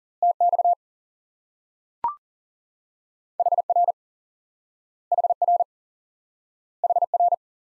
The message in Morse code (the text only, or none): TX HR HR HR